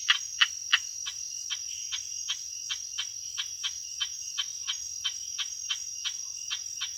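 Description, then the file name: Indosylvirana serendipi giving a long run of brief, clicking pulses at a fairly even pace of roughly three per second, with a constant shrill insect drone behind. "Indosylvirana serendipi"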